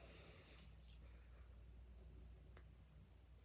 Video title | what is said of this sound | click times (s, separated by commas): How To install our 762x39 MG-x39 conversion kit | that wasn't bad you heard it snap | 0.9 s